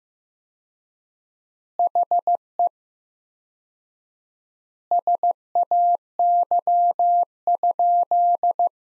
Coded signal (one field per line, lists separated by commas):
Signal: Morse code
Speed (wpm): 15 wpm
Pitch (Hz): 700 Hz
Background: none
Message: HE SAY?